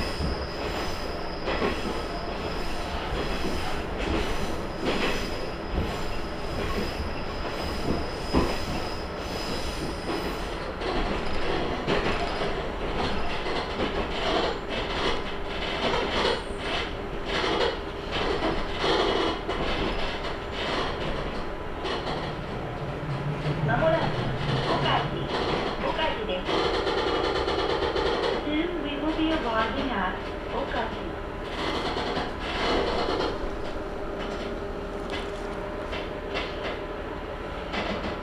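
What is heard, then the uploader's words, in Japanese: Recorded aboard a small local train in motion: a steady, dense rumble of wheels and engine runs throughout, broken by frequent sharp clicks and knocks from the rails. A droning engine tone rises and swells around the middle, with a brief squeal near the end. 天竜浜名湖鉄道 金指→西気賀→金指 往復。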